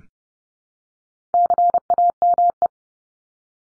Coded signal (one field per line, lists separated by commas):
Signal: Morse code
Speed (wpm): 30 wpm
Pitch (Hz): 700 Hz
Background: none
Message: CAME